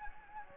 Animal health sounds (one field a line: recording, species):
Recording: mosquito wingbeat signal from an infrared sensor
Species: Anopheles gambiae